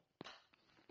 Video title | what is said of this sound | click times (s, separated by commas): GoPro Hero 8 Black camera New Beginners Review | hear the click, | 0.2 s